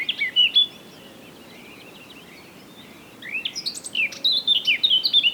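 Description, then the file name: Eurasian blackcap song: a short fluty fragment, a long pause, then a bright warbled phrase of clear, looping whistles. "Sylvia atricapilla"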